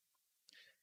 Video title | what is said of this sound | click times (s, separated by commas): Bringing a Zebra into the Shop - Episode 90 | it's like you have to push it out there it goes and it slides in and locks in place | 0.5 s